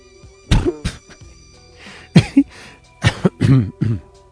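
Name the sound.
coughing and throat clearing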